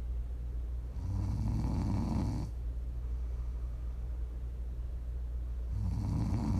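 ASMR snoring from a sleeping adult: two loud, low-pitched snores, each lasting about one and a half seconds, with quieter breathing in between.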